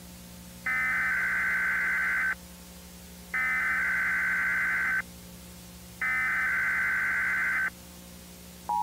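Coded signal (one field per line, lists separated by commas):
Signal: Emergency Alert System (SAME) tones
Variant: header bursts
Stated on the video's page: EAS tones from a VHS-style test, recorded from an AVI in OBS and made with AviSynth, Sony Vegas, VirtualDub and Xvid.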